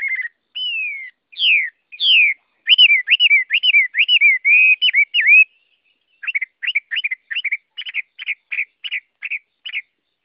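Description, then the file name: Chinese hwamei singing mellow whistles that lead into a rolling run of looping notes, then a steady series of short repeated chirps. Song sung in the forest style called giọng rừng. "Tieng hoa mi hot giong rung"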